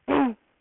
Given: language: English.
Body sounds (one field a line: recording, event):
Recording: throat vibration sensor signal played as sound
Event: throat clearing